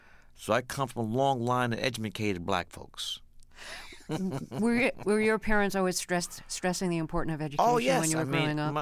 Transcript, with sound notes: So I come from a long line of edumacated black folks (laughter)
Where were your parents always stressing the important of education when you were growing up?